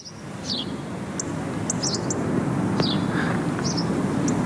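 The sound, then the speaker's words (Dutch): Short, high bird calls over a steady low rumble on the Jacob van Oudenhovenstraat in Tilburg: sharp ticking notes from a robin and brief chirps from a house sparrow, several in loose, irregular succession. “Met een tikkende roodborst, een chilpende huismus”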